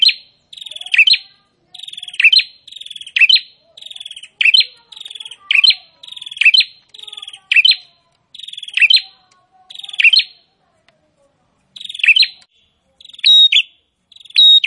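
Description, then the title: Prinia singing steadily, many quick buzzy trilled phrases, each ending with an emphatic chirp, with only brief gaps. Prinia song described as gacor (vigorous, nonstop singing). "Prenjak gacor"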